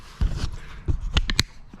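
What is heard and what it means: After a failed first try, the upper section of a Thetford 365 portable toilet is pushed back down onto its lower waste holding tank. Dull thumps at about 0.2 s and 0.9 s are followed by three sharp, loud plastic snaps at 1.2, 1.3 and 1.4 s. The upper section is seated in place.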